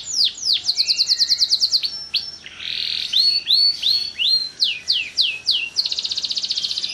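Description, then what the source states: Canary song: rapid downward-sweeping notes in fast trills, switching to a buzzy rolled phrase and then a quick high rattle at the end. Canary tutor song (kalitan), singing actively (gacor) with long song phrases (suara panjang).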